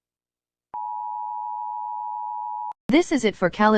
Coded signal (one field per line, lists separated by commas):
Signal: Emergency Alert System (SAME) tones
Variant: 853 and 960 Hz attention tone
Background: speech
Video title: EAS Scenario nuclear bomb￼